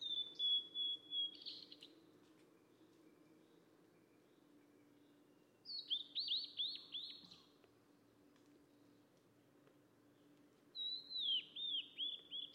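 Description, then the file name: Mangrove blue flycatcher song: three whistled phrases of quick descending notes with slurred starts, repeated every few seconds over a low continuous hum. "tledekan laut"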